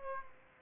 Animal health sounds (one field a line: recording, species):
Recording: mosquito wingbeat signal from an infrared sensor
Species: Aedes aegypti